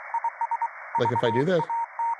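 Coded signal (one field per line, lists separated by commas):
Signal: Morse code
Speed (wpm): 23 wpm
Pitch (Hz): 930 Hz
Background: speech, radio noise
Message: IS VAT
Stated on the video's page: Morse code class.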